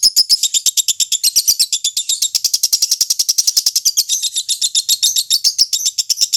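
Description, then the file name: Lovebird chattering song of dense, rapid, high, harsh twittering notes running continuously. Lovebird Fretty, owned by Om Barnas. "audio lovebird fretty milik om barnas"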